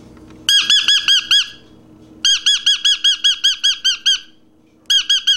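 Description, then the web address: Parrot calling in quick bursts of harsh, ringing arched notes, several a second, with short silent pauses between three runs. "попугай"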